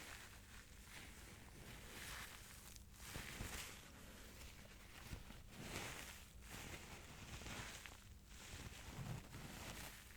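Dense, continuous crinkling that swells in uneven waves every second or two, with a steady low rumbling hiss running underneath throughout.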